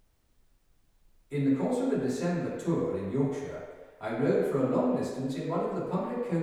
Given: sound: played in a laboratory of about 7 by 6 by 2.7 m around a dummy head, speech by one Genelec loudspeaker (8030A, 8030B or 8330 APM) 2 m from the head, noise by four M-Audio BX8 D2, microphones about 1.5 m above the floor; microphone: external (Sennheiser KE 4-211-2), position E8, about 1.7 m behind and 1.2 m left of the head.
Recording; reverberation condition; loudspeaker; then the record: male speech in English; high; in front (0 degrees)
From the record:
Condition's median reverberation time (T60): about 1300 ms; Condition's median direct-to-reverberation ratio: about -4.0 dB